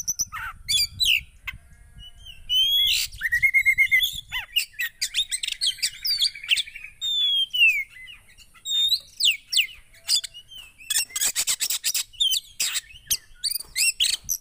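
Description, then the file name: Oriental magpie-robin song mixing clear whistles, fluttering trills and harsh buzzy rasps, with a low rumble underneath during the first few seconds. Song of a magpie-robin played to provoke a caged bird, meant to make the listening bird instantly agitated. "Burung kacer anda langsung emosi dengar ini"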